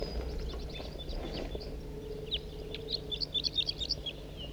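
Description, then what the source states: Red Crossbill flight calls: many overlapping high chipping notes from a passing flock, thickening into a quick series near the end over low rumbling background noise. Wild flock calling in flight as the whole flock flew over, Poverty Hollow, morning of June 9, 1983.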